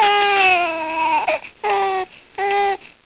Baby Cry.